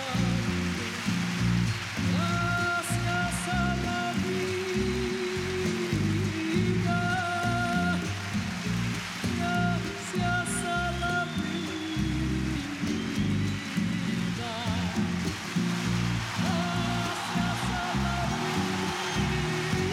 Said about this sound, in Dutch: Gelukkig, dat applaus. Gelukkig was dat een live opname.